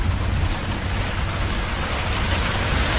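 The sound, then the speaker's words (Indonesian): Steady, unbroken hiss of light drizzling rain at night after heavy rain has eased, with a low rumbling undertone, a dense wash of noise holding the same level throughout with no voices. “Jam 8 malam, hujan pun mulai mereda, tapi masih tetap gerimis.”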